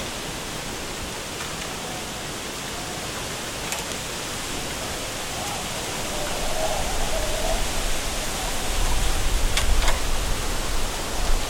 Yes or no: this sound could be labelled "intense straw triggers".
no